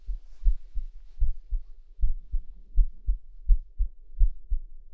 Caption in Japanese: お兄ちゃんの耳に私の胸押し当ててみました。 私の心臓の音聞こえる。